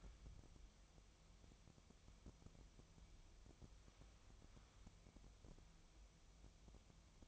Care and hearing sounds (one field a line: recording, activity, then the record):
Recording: daily activity, microphone in the room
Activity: wipe stove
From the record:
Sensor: 1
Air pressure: 1004.8 hPa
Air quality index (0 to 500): 75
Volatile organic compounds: 2 ppm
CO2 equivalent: 1005 ppm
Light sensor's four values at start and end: 9/23/9/10 and 9/23/9/10